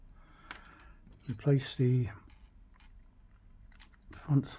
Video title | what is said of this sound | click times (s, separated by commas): Sennheiser SKM 300 body pack transmitter. LCD back light replacement | gently push it either side of the display so it clicks into place | 0.5 s